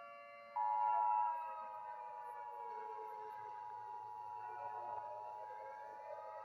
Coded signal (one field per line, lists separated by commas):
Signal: Emergency Alert System (SAME) tones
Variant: 853 and 960 Hz attention tone